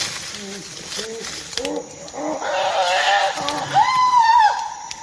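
Chimpanzees call out in a rising series, starting with low hooting pants that grow quickly louder and higher, ending in shrill, sustained screams.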